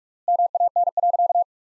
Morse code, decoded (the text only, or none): MAN.